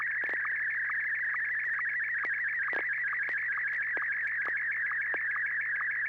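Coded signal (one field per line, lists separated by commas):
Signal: SSTV (slow-scan television)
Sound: warbling, constantly shifting high tone with regular short lower sync blips and occasional clicks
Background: low electrical hum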